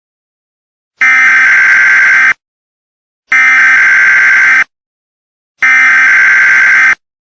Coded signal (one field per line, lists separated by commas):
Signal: Emergency Alert System (SAME) tones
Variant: header bursts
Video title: Permanent Total Solar Eclipse An EAS Scenario